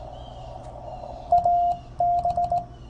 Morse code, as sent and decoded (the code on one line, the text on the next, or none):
.- -...
AB